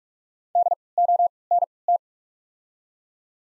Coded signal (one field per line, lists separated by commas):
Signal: Morse code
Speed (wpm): 46 wpm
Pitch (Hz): 700 Hz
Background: none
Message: D O N T